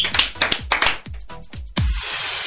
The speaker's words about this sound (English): I just want a big applause for DJ Smurf.